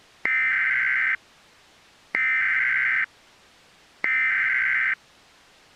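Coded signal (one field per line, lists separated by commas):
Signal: Emergency Alert System (SAME) tones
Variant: header bursts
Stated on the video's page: Fictional EAS scenario, a remaster of an earlier scenario with an added analog feel.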